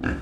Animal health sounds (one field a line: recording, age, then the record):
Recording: pig call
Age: growing-finishing pig (85 days or more)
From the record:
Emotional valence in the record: negative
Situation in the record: barren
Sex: female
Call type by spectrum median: low-frequency call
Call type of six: low-frequency stable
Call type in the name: low-frequency stable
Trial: 1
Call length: 0.22 s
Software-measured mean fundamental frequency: 50 Hz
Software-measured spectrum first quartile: 197 Hz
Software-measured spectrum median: 446 Hz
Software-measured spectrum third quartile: 1471 Hz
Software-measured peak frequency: 80 Hz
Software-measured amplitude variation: 173 dB a second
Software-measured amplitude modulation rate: 20.4 a second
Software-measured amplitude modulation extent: 8.5 dB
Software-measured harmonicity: 3.5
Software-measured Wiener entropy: -1.95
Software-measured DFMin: 1094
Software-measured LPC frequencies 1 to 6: 281, 1624, 2646, 4654, 6034, 6659 Hz